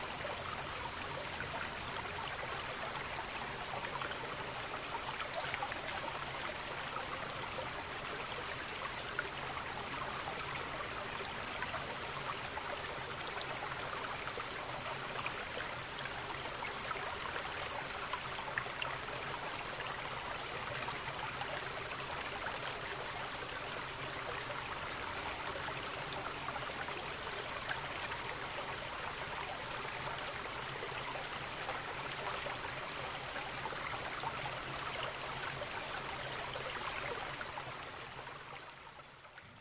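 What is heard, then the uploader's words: A stream flows steadily through woodland, a dense, unbroken wash of running water with bright splashing detail and a low, even rumble beneath. The level holds constant throughout, with small trickles and drips flickering in the texture, before fading out in the last few seconds. The simple tonic of a stream flowing through an autumn woodland. A short walk through woodland brings you to a small waterway, where you pause for a while and breathe it all in. Recorded by Daniel Graham, presented by Hannah Tribe.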